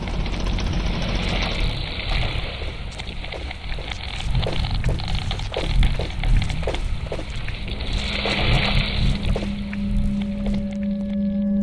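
Water sloshes steadily against a small rowing boat stuck fast in the sand, a constant washing rumble with scattered soft knocks in the middle and a faint steady hum near the end.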